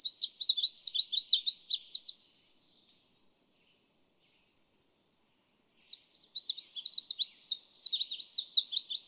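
Red-faced warbler song: a quick jumble of high, sweet chipping notes, a pause of about three seconds, then a longer phrase of the same bright notes.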